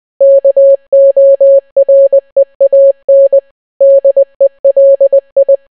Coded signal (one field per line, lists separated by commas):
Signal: Morse code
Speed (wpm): 20 wpm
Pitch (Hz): 550 Hz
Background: none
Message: KOREAN DELI